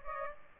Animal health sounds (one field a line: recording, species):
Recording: mosquito wingbeat signal from an infrared sensor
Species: Aedes aegypti